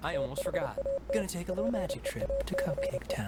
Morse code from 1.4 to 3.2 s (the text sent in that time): PEACE